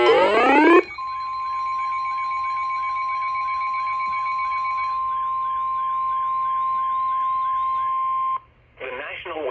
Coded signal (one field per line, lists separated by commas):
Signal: Emergency Alert System (SAME) tones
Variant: 1050 Hz attention tone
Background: speech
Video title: EAS Alerts From 3/15-3/16/25: A Compilation (EAS 512-533)